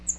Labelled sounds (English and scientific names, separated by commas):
Cape May Warbler (Setophaga tigrina) flight call